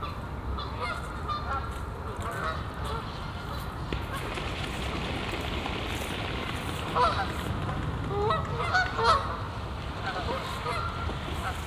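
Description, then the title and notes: Goose: geese giving sparse honks at first, then a louder cluster of harsh nasal calls in the second half, over steady low rumbling background. Geese on the pond of Bouchout castle, Meise botanical garden, Belgium; binaural recording. "Plantentuin, Meise, Belgique - Oies - Geese. Meise, jardin botanique. Des oies sur l'étang du chateau de Bouchout. Meise botanical garden. Geese on the pond of the castle Bouchout"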